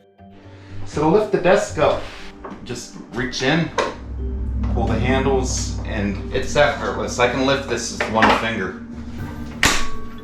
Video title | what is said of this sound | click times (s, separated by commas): Varidesk Pro Plus 48 | And then you just kind of push down and it'll snap into place. | 9.6 s